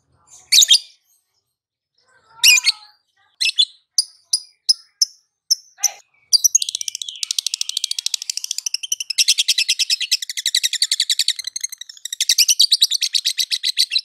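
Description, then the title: Lovebird chirps: several separate sharp chirps at first, then a fast, sustained buzzy chatter of rapid repeated high notes with short breaks. Continuous chattering (konslet) song, used for training other birds. "Masteran Lovebird Konslet"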